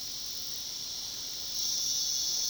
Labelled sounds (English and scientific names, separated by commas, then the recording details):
none
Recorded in pastures near Puerto Asís, Putumayo, Colombia, on 21 February 2024 at 13:00
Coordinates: 0.468, -76.328
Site G6414